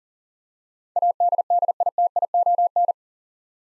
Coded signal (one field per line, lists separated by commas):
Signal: Morse code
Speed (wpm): 37 wpm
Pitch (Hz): 700 Hz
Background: none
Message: ADDITION